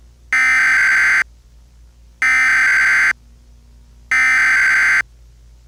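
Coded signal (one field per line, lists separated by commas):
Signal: Emergency Alert System (SAME) tones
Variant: header bursts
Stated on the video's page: Fictional EAS scenario with valid EAS tones, a simulated alert.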